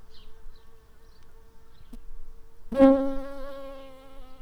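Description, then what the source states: Bumblebee buzz, a faint steady hum at first, then a sudden louder harmonic-rich buzz starting near the third second and fading slowly. Workers.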